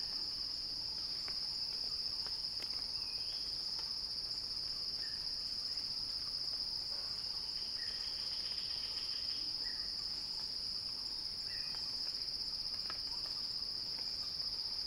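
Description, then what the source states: Cicadas keep up a level, sizzling drone, with sparse faint chirps scattered across it. Recorded by Axel Drioli; described as a cicada crescendo.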